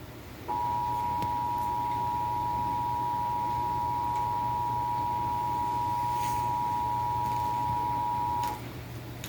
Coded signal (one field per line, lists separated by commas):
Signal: Emergency Alert System (SAME) tones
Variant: 853 and 960 Hz attention tone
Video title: My capture of the Nationwide test of the Emergency Alert System - KCBS-TV